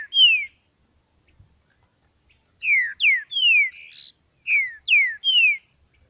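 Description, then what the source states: Green-winged saltator singing: one falling whistle, a pause, then two phrases of three or four clear downslurred whistled notes. The first phrase ends in a buzzy note. Bird named Nicão in the bush, singing in a contest with a free-living bird.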